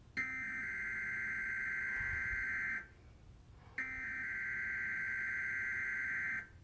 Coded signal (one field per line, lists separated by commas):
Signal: Emergency Alert System (SAME) tones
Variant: header bursts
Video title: KMOV/TV Emergency Alert System Required Weekly Test in 10:27AM - 10:42AM St Louis